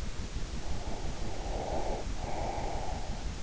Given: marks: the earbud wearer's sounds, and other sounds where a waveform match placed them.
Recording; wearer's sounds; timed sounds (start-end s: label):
sounds in sleep by an in-ear microphone; breath
0.68-3.24 s: breath